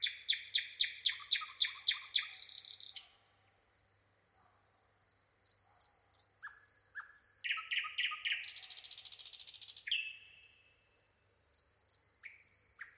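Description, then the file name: Common nightingale song: fast repeated loud chirps, a pause, then varied phrases and a harsh buzzing rattle. "Luscinia megarhynchos"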